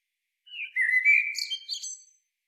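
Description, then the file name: Eurasian blackbird giving a single flowing whistled phrase that drops and rises, finishing in thin, high-pitched chatter. "Turdus merula"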